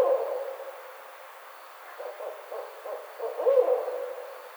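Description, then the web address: Barred owl hooting in a short series of rounded, low notes, with one louder drawn-out hoot near the end. Recorded 29 May 2009. "Barred Owl 2009 05 29 Barred Owl"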